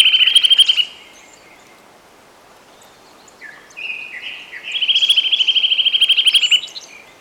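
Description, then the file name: Eurasian nuthatch calling, a rapid even trill of piping notes, a short burst first, then after a pause a few rising notes leading into a longer trill. "Sitta europaea"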